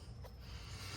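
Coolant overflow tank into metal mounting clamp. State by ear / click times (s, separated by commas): not seated / none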